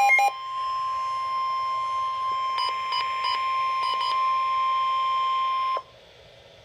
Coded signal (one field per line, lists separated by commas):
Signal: Emergency Alert System (SAME) tones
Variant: 1050 Hz attention tone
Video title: Flash Flood Warning - EAS #485